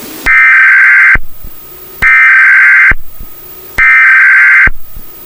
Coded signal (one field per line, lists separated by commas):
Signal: Emergency Alert System (SAME) tones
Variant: header bursts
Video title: e EAS alarm earrape